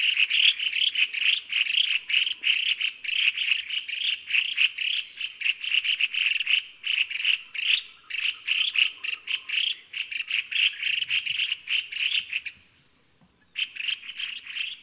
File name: 白環鸚嘴鵯